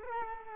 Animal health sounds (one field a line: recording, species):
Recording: mosquito wingbeat signal from an infrared sensor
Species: Culex quinquefasciatus